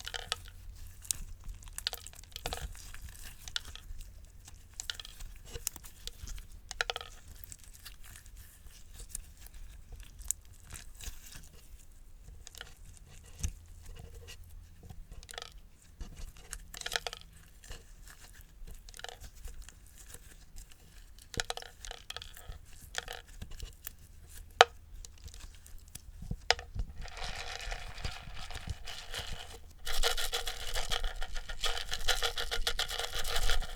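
Slime being squeezed and poked, with frequent small pops, crackles and crunchy clicks scattered through the whole clip. A low steady hum sits underneath. From about 27 seconds the crunching thickens into a denser, louder crackle that runs to the end.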